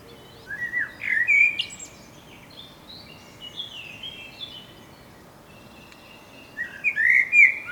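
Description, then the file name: Eurasian blackbird with fluty whistled notes and high squeaky flourishes at start and end, fainter song in between. "Turdus merula"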